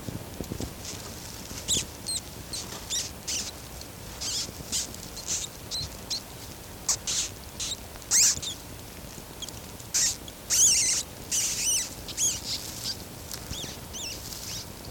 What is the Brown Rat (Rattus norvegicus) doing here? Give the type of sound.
call